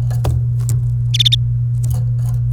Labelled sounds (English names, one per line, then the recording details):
Domestic Canary song
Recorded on 29 April 2018 at 12:11
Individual llb3